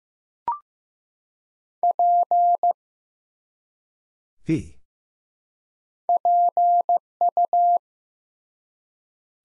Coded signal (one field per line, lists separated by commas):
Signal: Morse code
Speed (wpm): 15 wpm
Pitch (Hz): 700 Hz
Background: none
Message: P PU